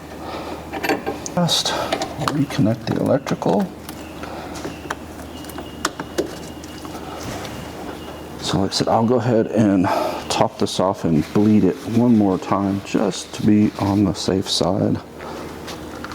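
On a Ford Crown Victoria with a newly fitted master cylinder, the electrical connector is plugged back into the sensor on the plastic reservoir, likely the brake fluid level sensor plug. A few small knocks are heard, with the sharp latch click at 5.9 s as the connector seats. Someone talks before and after.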